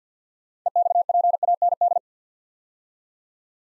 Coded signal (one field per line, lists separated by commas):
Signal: Morse code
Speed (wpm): 52 wpm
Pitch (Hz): 700 Hz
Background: none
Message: EXPAND